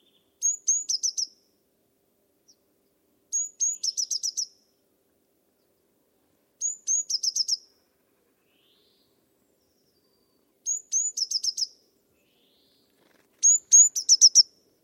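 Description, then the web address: Bird song in short high phrases, two clear notes then a quick run of sharp chips, repeated five times every three to four seconds over silence. "cianscape birddata Deverinetal 2025 Bird Only"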